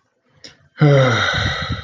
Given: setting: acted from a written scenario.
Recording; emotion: vocal sound without words; contentment